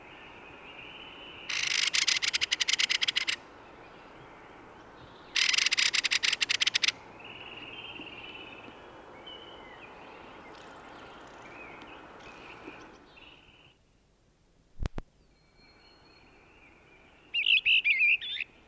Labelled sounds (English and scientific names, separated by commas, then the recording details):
Mistle Thrush (Turdus viscivorus)
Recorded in the wild
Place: Ehrwald, Wettersteingebirge, Tirol, AT
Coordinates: 47.4167, 10.9428
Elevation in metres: 1173
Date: 1971-04-13
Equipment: Nagra IV, Sennheiser MKH 405, Parabolreflektor
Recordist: Tretzel, Erwin